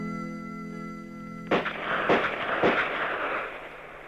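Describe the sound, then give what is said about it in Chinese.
A steady tonal hum gives way to three sharp gunshots at a firing range during police criminal investigators' live-fire practice on a clear autumn morning, cracking out about half a second apart, each leaving a rumbling tail that lingers under the next. “早晨，当迷人的秋天的阳光还没有爬上千家万户的窗台时，803就带领他的部下刑警队员开赴靶场实弹练习。清脆的枪声划破了万里晴空。”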